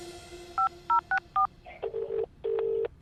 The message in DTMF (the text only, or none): 5064